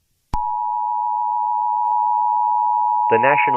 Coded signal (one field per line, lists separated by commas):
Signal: Emergency Alert System (SAME) tones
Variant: 853 and 960 Hz attention tone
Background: speech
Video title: EAS Scenario: CHAOS on the COAST